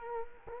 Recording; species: mosquito wingbeat signal from an infrared sensor; Culex quinquefasciatus